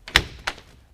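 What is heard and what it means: A rail clamp for a TruXedo TruXport tonneau cover is rotated down onto the bed rail of a 2019 Chevy GMC 1500 pickup so the cover rail is held. A soft tick at 0.1 s leads into a sharp thunk-like click at 0.2 s, followed by a fainter knock at 0.5 s. The clamp locks in place.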